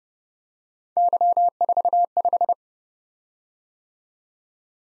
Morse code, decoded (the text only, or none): Y45